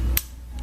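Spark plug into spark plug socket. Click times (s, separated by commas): 0.2 s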